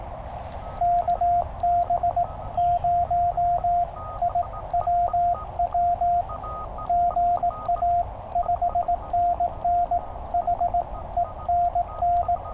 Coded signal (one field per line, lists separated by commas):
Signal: Morse code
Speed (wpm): 18 wpm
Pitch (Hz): 700 Hz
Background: radio noise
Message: KB0IWW GA 5NN HENN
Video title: Beating the rain | CW QRP POTA at US-3786 #hamradio #amateurradio #morsecode